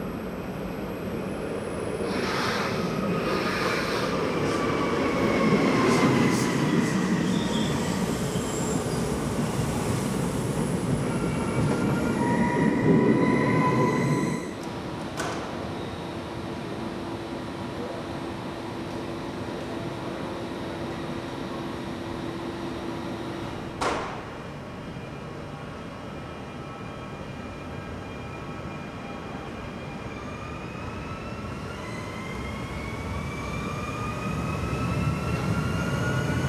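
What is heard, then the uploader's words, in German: An S-Bahn train by Lake Geneva rumbles on with a steady low roar, louder and rougher in the first fourteen seconds. Around 14 and 24 seconds sharp clunks break in, with a thin whine between them, and rising and falling tones sweep through near the end. GENEVE LEMAN-EXPRESS. Die s-bahn vom genfersee.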